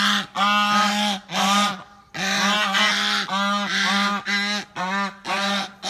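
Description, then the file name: Goose honking in loud, nasal bursts, each call harsh and buzzy, repeated in quick runs with brief pauses between groups. "Tieng ngong keu"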